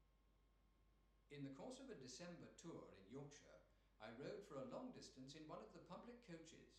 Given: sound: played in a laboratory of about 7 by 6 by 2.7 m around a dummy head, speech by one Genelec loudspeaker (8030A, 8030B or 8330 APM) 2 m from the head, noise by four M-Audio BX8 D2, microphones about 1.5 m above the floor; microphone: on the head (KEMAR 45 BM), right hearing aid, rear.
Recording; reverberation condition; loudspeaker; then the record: male speech in English; medium; behind (180 degrees)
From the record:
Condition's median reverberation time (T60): about 510 ms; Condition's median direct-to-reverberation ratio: about -0.5 dB